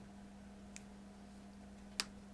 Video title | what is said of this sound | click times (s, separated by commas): #119 Rough day! Townsville trip for Mikro's checkup and then Loki tangles with a snake, AGAIN!!!! | Okay. That's what you want to hear. That nice click. | 2.0 s